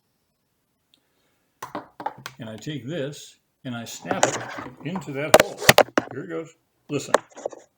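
Someone talks while handling a barbed plastic drip fitting at a hole punched in polyethylene drip irrigation mainline tubing, with a few sharp, brief handling knocks near the end. The fitting has not yet been pushed home into the mainline, and nothing has clicked or seated yet.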